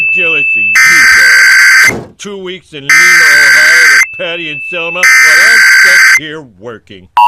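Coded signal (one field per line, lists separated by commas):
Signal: Emergency Alert System (SAME) tones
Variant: header bursts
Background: speech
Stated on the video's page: Simulated EAS scenario about a nuclear power plant incident.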